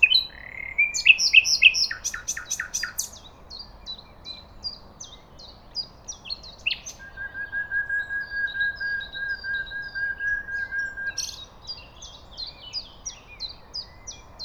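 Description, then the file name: Common nightingale song: loud rapid repeated chattering notes, then a long level whistle held for about four seconds, with faint steady high notes repeating behind and a low background hiss. "Luscinia megarhynchos"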